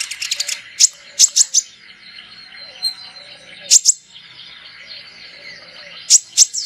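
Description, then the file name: Sunbird calls: short bursts of a few piercing high chirps, separated by stretches of faint, thin twittering. Lure sound used to attract birds. "suara burung kolibri pikat"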